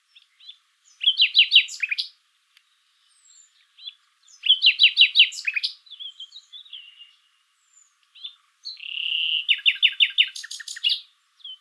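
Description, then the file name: Common nightingale song in three phrases of rapid, sharply descending repeated notes, each separated by a short pause with soft notes. "Luscinia megarhynchos"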